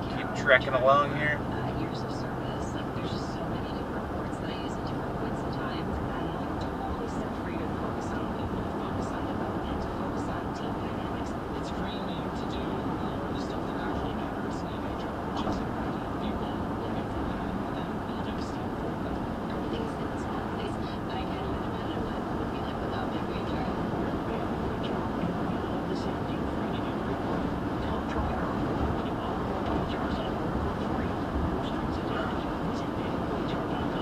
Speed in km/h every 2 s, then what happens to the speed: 95, 98, 101, 103, 105, 106, 105, 105, 105, 105, 105, 106, 108, 109, 109, 111, 111.
0-9 speeds up to 106. 9-34 steady at about 106.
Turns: none.